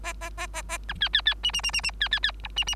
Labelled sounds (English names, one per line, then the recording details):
Bengalese Finch song
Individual Bird3